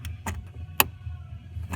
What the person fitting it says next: Hear it click.